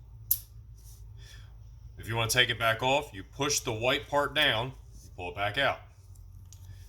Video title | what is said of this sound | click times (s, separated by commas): Quick disconnect issues / how to use them. | You just push it on all the way till it clicks. | 0.3 s